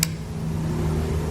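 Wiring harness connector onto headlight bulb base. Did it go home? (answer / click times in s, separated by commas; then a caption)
yes / 0.0 s. A wiring harness connector, with dielectric grease applied, is pushed onto the base of a halo headlight bulb on a 2005-2007 Jeep Grand Cherokee. It gives one sharp click at 0.0 s, followed by a steady low hum for the rest of the clip. The connector is seated and the light is wired up.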